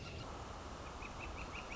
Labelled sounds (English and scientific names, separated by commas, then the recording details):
Northern Flicker (Colaptes auratus)
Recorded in Sonoma County, California